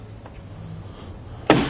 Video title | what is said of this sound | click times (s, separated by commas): etrailer - Fit Check: Kuat NV 2.0 Bike Rack for 2 Bikes on a 2013 Nissan Murano | hear that click and it's locked back into its original position | 1.5 s